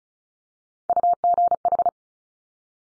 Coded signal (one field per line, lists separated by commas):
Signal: Morse code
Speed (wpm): 36 wpm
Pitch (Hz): 700 Hz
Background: none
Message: UGH